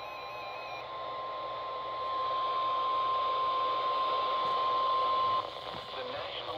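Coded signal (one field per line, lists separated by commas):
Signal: Emergency Alert System (SAME) tones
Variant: 1050 Hz attention tone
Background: speech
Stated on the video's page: Real recorded EAS alerts, including a PDS Severe Thunderstorm Watch.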